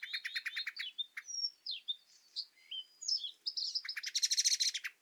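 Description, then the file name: Common blackbird with a fast clicking chatter, a string of varied thin whistles and squeaky notes, then a loud, harsh rattle at the end. "Turdus merula"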